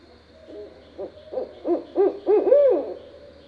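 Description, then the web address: Barred owl calling with a short accelerating run of hoots that grow louder, ending in a longer drawn-out note. Recorded 9 May 2012. "Barred Owl 2012 05 09"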